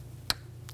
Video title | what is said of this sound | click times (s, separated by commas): How to Replace MAP Sensor 2017-2020 Hyundai Elantra | And you can feel and hear it click into place. | 0.3 s